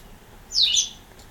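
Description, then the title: White wagtail giving a single sharp, high chirped call that sweeps down, then up and down again, against a quiet background. "Sylvain Jaskowiak - Mes piafs. Bergeronnette grise"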